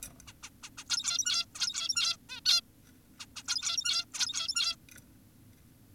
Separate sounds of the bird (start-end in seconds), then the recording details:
0.27-0.33, 0.43-0.50, 0.63-0.70, 0.78-0.84, 0.90-1.45, 1.55-2.17, 2.29-2.40, 2.46-2.61, 3.20-3.26, 3.36-3.43, 3.48-4.05, 4.14-4.76. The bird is an adult. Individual g17y2U